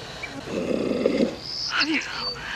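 A lioness walking forward gives one low, rough roar lasting under a second, followed by a few bright, high chirping calls over a steady background hiss.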